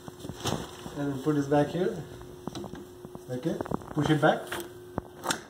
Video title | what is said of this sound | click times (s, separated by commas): Window/Door | make sure it's locked you hear the clicks out you | 5.0 s, 5.3 s